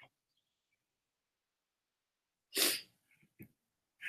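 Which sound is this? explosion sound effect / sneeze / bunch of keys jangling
sneeze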